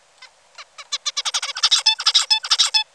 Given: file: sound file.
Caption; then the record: Tutor song (bird #4).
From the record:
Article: Common Features of Neural Activity during Singing and Sleep Periods in a Basal Ganglia Nucleus Critical for Vocal Learning in a Juvenile Songbird